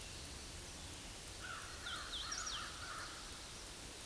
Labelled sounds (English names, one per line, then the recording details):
Hooded Warbler song
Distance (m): 75 m
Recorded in a Pennsylvania forest on 18 May 2023 at 09:25
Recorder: AudioMoth, point grid1_6_low
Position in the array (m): 191 m, 122 m